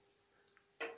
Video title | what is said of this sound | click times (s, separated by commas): Heizung reinigen von innen - Heizungsgitter abnehmen | Blende natürlich wieder drauf und zwar so weit dass wir jetzt Flums da wieder einrastet | 0.8 s